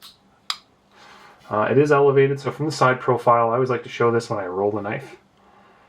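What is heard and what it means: A Shirogorov Soft Overkill folding knife with a maroon canvas micarta-covered frame is opened, and its blade locks against the frame lock bar with a sharp click at 0.5 seconds, seating into lockup. Someone then talks.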